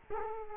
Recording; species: mosquito wingbeat signal from an infrared sensor; Culex quinquefasciatus